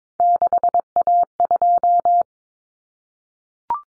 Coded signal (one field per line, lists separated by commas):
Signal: Morse code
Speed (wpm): 22 wpm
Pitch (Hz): 700 Hz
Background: none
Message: 6A2